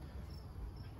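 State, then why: Not seated. The reflector of a Televes Ellipse Mix outdoor TV antenna (148883) is being handled at its bracket on the antenna body, with the plastic locking cam about to be pressed down. Only a steady, low-level background hiss with an insect-like chirping tone is heard, with no distinct sharp sounds. Nothing has seated or clicked yet.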